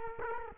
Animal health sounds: mosquito wingbeat signal from an infrared sensor; Culex quinquefasciatus

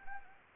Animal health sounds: mosquito wingbeat signal from an infrared sensor; Anopheles gambiae

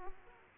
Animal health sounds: mosquito wingbeat signal from an infrared sensor; Aedes aegypti

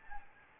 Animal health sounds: mosquito wingbeat signal from an infrared sensor; Anopheles gambiae

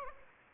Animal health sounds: mosquito wingbeat signal from an infrared sensor; Aedes aegypti

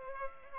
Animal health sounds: mosquito wingbeat signal from an infrared sensor; Culex pipiens

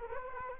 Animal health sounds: mosquito wingbeat signal from an infrared sensor; Culex quinquefasciatus

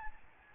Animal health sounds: mosquito wingbeat signal from an infrared sensor; Aedes albopictus

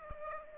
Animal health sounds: mosquito wingbeat signal from an infrared sensor; Aedes aegypti

